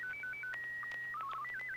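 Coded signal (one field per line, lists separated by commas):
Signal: SSTV (slow-scan television)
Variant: Martin 1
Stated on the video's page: SSTV images exchanged on a weekly amateur net via an FM repeater on 441.300 MHz in Sacramento, California.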